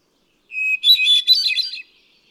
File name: Hermit Thrush